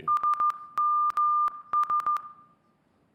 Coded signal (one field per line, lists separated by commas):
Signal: Morse code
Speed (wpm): 14 wpm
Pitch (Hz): 1200 Hz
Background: none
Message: SMS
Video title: Keynote: Apps, Algorithms and Abstractions: Decoding our Digital World - Dylan Beattie